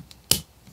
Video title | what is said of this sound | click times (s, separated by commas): MOST Common Lawmower Problem FIXED / Briggs EX Series Plastic Carb Rebuild | hear it snap | 0.3 s